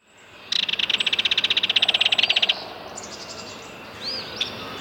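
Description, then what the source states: Belted Kingfisher giving a dry, rapid rattle of many even clicks over about two seconds, followed by a few short chirps. Recorded at Carden Alvar in August 2026.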